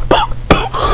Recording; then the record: coughing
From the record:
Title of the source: Coughing 79